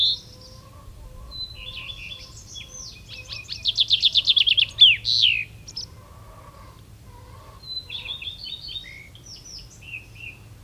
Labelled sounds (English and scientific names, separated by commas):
Common Chaffinch (Fringilla coelebs)